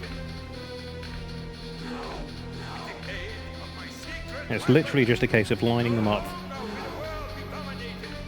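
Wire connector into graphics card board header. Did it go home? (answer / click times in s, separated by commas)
no / none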